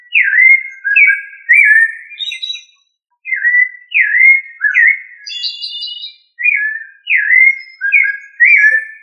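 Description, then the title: Thrush singing rich whistled phrases that drop and level off, strung in bursts with brief gaps, plus occasional higher thin notes; no other sounds stand out. "Familia Turdidae - Sabia"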